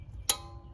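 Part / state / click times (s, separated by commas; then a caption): brake pad shim into caliper bracket / seated / 0.3 s. On a 2018 Honda Accord (10th gen) front brake job, the second side of a metal brake pad shim snaps onto the caliper bracket with one loud, sharp click at 0.3 s. The click rings briefly over a low background hum, and the shim is seated.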